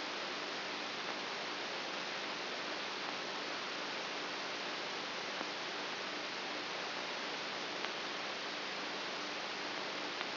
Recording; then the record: brain microelectrode recording played as sound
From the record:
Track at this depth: outside the subthalamic nucleus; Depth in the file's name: 6.44 mm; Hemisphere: right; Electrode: 2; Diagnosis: Parkinson's disease